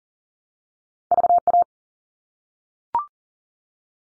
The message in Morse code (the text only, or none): VA